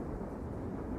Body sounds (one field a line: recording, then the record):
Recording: background sound without coughing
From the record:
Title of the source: Train Ride Ambience ambient white noise for sleeping, focus, studying, reading